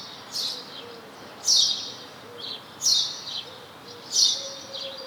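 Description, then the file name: House sparrow calls: a series of sharp, slightly buzzy chirps, some followed by a quieter second note, repeating at short intervals. "Passer domesticus"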